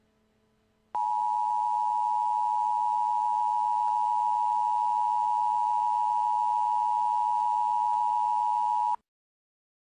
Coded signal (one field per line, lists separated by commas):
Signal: Emergency Alert System (SAME) tones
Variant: 853 and 960 Hz attention tone